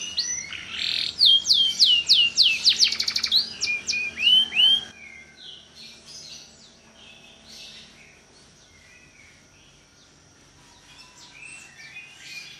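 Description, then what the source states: Canary song, a loud burst of rapid downslurred whistles and rattles for about five seconds, then only faint chirping and low background noise. Kalitan (tutor) canary singing loudly (gacor) with a long song.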